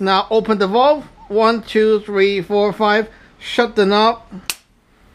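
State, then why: Seated. CO2 gas is fitted into an APS CAM870 airsoft/paintball shotgun while the shell is held to prevent leaking, and someone talks through the process. A single sharp click at 4.5 s marks that the gas fitting has seated and the filling is done.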